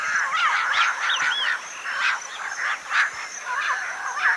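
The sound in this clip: Birds calling in a busy chorus, many overlapping whistled notes, slurred upswings and downswings, and short chirps with no steady rhythm.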